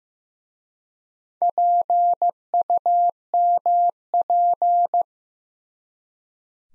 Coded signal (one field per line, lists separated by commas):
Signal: Morse code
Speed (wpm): 15 wpm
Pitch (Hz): 700 Hz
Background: none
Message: PUMP